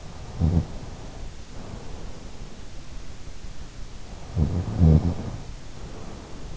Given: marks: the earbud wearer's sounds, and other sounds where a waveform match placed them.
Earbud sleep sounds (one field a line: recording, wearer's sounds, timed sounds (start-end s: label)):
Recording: sounds in sleep by an in-ear microphone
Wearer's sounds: snoring breath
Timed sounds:
0.00-2.79 s: snoring breath
4.10-6.50 s: snoring breath